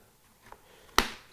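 The third press-stud of a motorcycle helmet cheek pad is pressed into its socket in the helmet shell liner. A faint tap comes at about 0.5 s, then a sharp, loud snap at 1.0 s. The stud clicks home and the cheek pad is seated, finishing that side.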